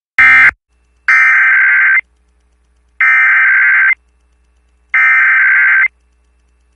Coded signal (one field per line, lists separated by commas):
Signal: Emergency Alert System (SAME) tones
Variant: header bursts